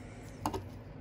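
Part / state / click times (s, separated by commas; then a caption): plastic transforming section locking into the action figure's body / seated / 0.5 s. A plastic section of a Transformers Warpath action figure is flipped all the way up during its vehicle-to-robot transformation and locks into the figure's body with a sharp plastic click at 0.5 s, followed by a softer click at 0.6 s over a quiet background. The section is seated in place.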